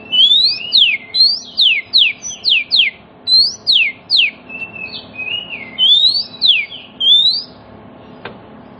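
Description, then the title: Oriental magpie-robin song of rapid, loud downslurred whistles in a quick series, then a few longer notes; a faint click near the end. Kacer song played as a lure so that other magpie-robins start singing within about five minutes, meant for birds that have stopped singing. "Cukup Hitungan Menit Kacer Lain Bisa Bunyi. CUKUP 5 Menit Kacer LAIN NYAUT JADI GACOR, PANCINGAN KACER MACET BUNYI"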